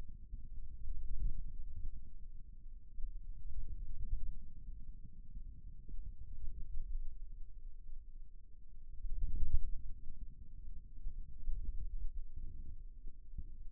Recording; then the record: forearm muscle sounds (acoustic myography)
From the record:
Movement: hand closing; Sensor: system 2, bracelet of six BSWA MPA416 microphones around the upper forearm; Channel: 3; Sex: male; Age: 22 years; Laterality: right